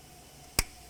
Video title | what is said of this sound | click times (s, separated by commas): How to Replace Mass Air Flow Sensor 2004-2006 Scion XB | there's our click i'll give it a nice tug to make sure it's secure | 0.6 s